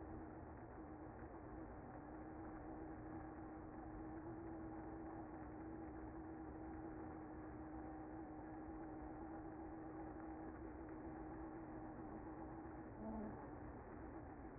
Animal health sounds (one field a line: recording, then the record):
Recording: honeybee colony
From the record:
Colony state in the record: active